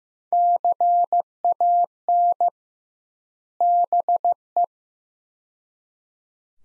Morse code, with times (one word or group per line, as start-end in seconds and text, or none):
0.3-2.5 CAN
3.6-4.6 BE